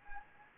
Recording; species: mosquito wingbeat signal from an infrared sensor; Anopheles gambiae